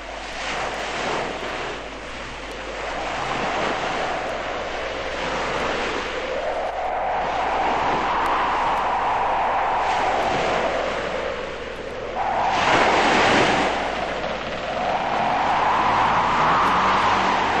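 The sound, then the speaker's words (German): A steady, loud roar of wind over the open sea, with waves surging and breaking in slow swells and one heavier crash partway through. No voices. “Wenn der Wind so bleibt, sind wir bald am Ziel.”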